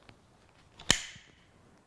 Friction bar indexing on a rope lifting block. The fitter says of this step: heavier loads one more click makes two wraps right